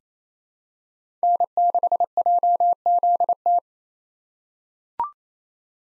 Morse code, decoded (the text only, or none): N6JZT